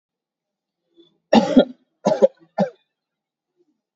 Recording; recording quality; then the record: heavy voluntary cough; excellent, no background noise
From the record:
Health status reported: COVID-19 positive, no symptoms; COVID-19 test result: positive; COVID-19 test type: RT-PCR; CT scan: not taken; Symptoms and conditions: fatigue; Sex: male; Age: 36 years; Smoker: no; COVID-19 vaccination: one dose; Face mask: worn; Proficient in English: yes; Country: India